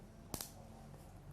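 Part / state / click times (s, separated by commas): locking latch of a plastic circumcision clamp / seated / 0.3 s, 0.4 s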